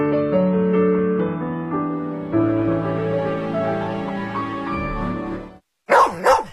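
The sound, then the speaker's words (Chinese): A steady musical passage plays, stops abruptly, and after a brief silence a dog lets out two sharp, loud barks in quick succession, voicing Erlang Shen's dog Xiaotian Quan in a Wuliangye Year of the Dog liquor advert on Beijing Literature and Art Radio, 2018. “二郎神哮天犬怎么又忘了？”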